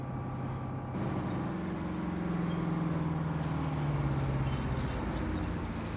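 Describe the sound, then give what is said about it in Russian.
A heavy truck's engine rumbles steadily, its low droning tone sliding slightly downward as it slows, then the sound settles as the truck comes to a stop outside a building with deli, beer, wine and groceries signs. No voices. “Грузовик останавливается у дома с вывеской «Roses Deli», «Ice Cold Beer», «Wine», «Draft Beer», «Groceries».”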